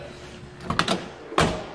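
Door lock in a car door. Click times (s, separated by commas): 0.8 s, 1.4 s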